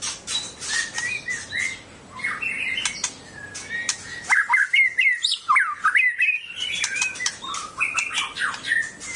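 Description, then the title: Laughingthrush song, rapid and varied, with whistled notes, rising slurs and many crisp clicking notes in quick succession. Loud-voiced national champion bird. "Poksay Jambul Sumatra Suara Keras Juara Nasional"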